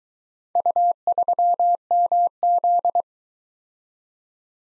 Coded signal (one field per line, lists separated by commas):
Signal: Morse code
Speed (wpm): 22 wpm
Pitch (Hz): 700 Hz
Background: none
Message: U3MZ